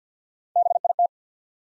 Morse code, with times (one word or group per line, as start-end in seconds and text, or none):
0.6-0.8 B
0.8-0.9 I
1.0-1.1 T